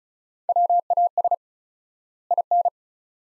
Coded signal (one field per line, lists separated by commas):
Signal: Morse code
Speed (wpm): 36 wpm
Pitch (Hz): 700 Hz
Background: none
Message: WAS IN